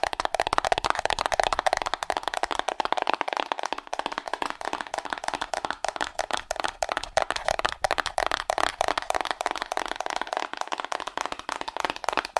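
Fast, aggressive tapping on cardboard, a dense unbroken stream of sharp dry knocks with a papery, mid-bright crackle and no pauses.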